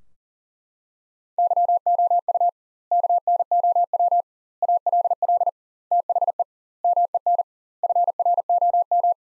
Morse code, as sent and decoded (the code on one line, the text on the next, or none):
-.-- --- ..- / -.- -. --- .-- / .- .-.. .-.. / - .... . / -- . -. / ..-. .-. --- --
YOU KNOW ALL THE MEN FROM